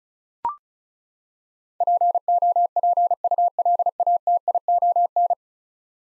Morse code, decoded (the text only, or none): POPULATION